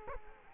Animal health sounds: mosquito wingbeat signal from an infrared sensor; Culex quinquefasciatus

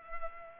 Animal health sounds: mosquito wingbeat signal from an infrared sensor; Culex pipiens

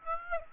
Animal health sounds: mosquito wingbeat signal from an infrared sensor; Aedes aegypti

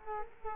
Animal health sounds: mosquito wingbeat signal from an infrared sensor; Culex quinquefasciatus

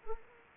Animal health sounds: mosquito wingbeat signal from an infrared sensor; Anopheles arabiensis

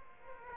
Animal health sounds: mosquito wingbeat signal from an infrared sensor; Aedes aegypti

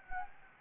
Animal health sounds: mosquito wingbeat signal from an infrared sensor; Anopheles gambiae

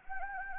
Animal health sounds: mosquito wingbeat signal from an infrared sensor; Anopheles gambiae

